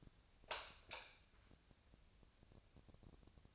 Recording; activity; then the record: daily activity, microphone in the room; light off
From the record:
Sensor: 2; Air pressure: 999.8 hPa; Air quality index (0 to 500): 117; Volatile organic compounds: 2 ppm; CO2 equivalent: 1010 ppm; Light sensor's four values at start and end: 35/92/39/43 and 31/77/33/37